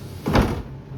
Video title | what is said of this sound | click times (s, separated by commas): Wrapping up in Wisconsin Dells | you heard it latch. It's in there very nice and tight. | 0.4 s